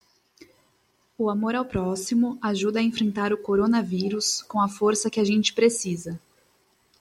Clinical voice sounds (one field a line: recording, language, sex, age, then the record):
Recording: spoken sentence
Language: Brazilian Portuguese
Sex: female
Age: 20 to 29 years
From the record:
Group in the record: control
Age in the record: 27 years